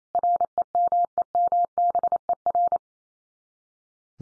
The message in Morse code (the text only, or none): REMEMBER